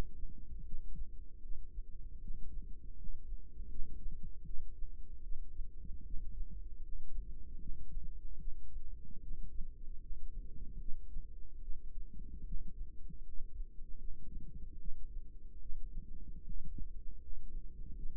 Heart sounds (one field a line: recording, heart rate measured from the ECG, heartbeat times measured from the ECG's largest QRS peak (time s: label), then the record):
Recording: heart sounds by microphone in the right ear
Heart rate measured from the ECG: 76 bpm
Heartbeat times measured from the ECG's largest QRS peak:
0.62 s: heartbeat
1.39 s: heartbeat
2.18 s: heartbeat
2.94 s: heartbeat
3.67 s: heartbeat
4.42 s: heartbeat
5.20 s: heartbeat
6.02 s: heartbeat
6.79 s: heartbeat
7.57 s: heartbeat
8.36 s: heartbeat
9.19 s: heartbeat
9.98 s: heartbeat
10.76 s: heartbeat
11.58 s: heartbeat
12.42 s: heartbeat
13.20 s: heartbeat
13.96 s: heartbeat
14.76 s: heartbeat
15.58 s: heartbeat
16.42 s: heartbeat
17.18 s: heartbeat
17.93 s: heartbeat
From the record:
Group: healthy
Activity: rest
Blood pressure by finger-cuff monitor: 102/57 mmHg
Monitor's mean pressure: 73 mmHg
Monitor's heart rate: 76 bpm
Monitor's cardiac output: 7 L/min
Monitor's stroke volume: 92 mL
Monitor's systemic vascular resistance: 760 dyn s/cm5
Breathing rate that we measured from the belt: 17 breaths a minute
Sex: female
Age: 26 years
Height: 165 cm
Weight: 55 kg